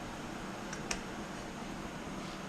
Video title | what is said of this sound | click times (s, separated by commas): Ignition Harness (High Tension) PART 1 - Fabrication - UL350iS - Zenith 750 Cruzer Kitplane Build | They make a very satisfying click. | 0.9 s